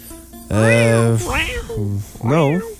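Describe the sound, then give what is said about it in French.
A person imitates a cat with a few drawn-out, wavering meows, pitch sliding up and down in each call, loud and alone without other talk. “L'étude des miaulements de chat, mettons?”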